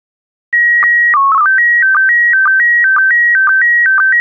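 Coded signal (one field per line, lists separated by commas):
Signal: SSTV (slow-scan television)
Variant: PD120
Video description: When ready, un-pause this video and start to decode * this is a 2 minutes test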